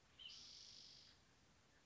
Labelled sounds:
Spotted Towhee (Pipilo maculatus)

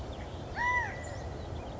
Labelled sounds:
California Quail (Callipepla californica)

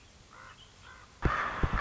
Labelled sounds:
Common Raven (Corvus corax)

